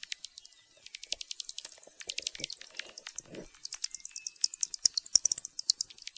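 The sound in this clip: Bat echolocation, quick high clicks building into steady rapid trains, with a brief low rustle partway through.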